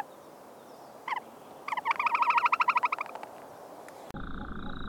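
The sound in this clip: Bird call: a rapid rattling series of many harsh, even notes lasting over a second, then an abrupt, different sound at the end.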